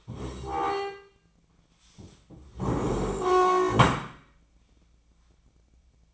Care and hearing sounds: daily activity, microphone in the room; stand up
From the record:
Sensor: 1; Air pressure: 1012.3 hPa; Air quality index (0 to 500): 174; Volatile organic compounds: 3 ppm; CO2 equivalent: 1422 ppm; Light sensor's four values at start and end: 44/120/49/60 and 45/121/50/61

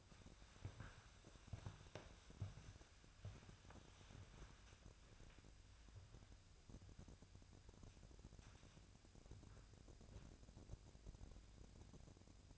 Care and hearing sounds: daily activity, microphone in the room; walk to room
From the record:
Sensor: 2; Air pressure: 999.8 hPa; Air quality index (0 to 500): 119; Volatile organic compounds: 2 ppm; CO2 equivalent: 1030 ppm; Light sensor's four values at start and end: 27/65/29/32 and 28/67/30/33

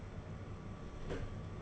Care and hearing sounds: daily activity, microphone in the room; close door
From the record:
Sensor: 4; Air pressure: 1016.1 hPa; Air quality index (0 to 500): 207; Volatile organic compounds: 12 ppm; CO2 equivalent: 2366 ppm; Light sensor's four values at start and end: 9/20/8/7 and 9/20/8/7

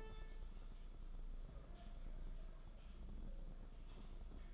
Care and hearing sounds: daily activity, microphone in the room; typing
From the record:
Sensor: 5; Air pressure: 994.5 hPa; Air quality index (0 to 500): 171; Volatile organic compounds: 622 ppm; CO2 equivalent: 4963 ppm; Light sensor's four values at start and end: 9/23/9/10 and 9/23/9/10

